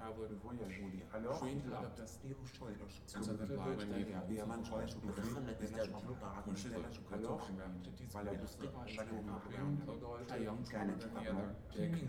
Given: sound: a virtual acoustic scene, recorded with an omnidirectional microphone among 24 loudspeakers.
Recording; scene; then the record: noise of the scene; underground station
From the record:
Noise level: 70 dB SPL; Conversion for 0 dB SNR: 0.7 dB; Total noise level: 70.7 dB SPL